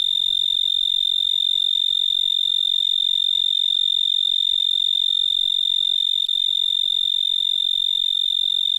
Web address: The Songs of Insects. Pine Tree Cricket